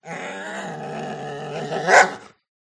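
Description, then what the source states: Dog growling: a deep, steady, rumbling growl lasting about two seconds that swells into a louder, harsher snarl at the end. Angry dog.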